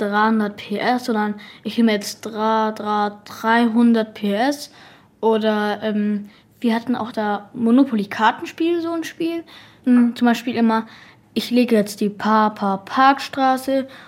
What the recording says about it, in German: Also früher haben wir immer zusammen Stotterquartett zum Beispiel gespielt. Oder halt irgendwie immer irgendwas stottern. Und wenn man nicht stottert, also wenn man was quasi legt und das dann nicht stotternd legt, dann gibt es eine Strafkarte. Aber das ist genau die Art von Offenheit, die der Therapeut Georg Thum Eltern von stotternden Kindern empfiehlt.